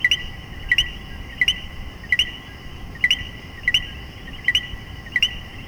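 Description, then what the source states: Common coquí repeating a clear rising two-note co-quí roughly every 0.7 seconds, eight calls in quick succession against a steady background hum. Puerto Rico; several coquí frogs.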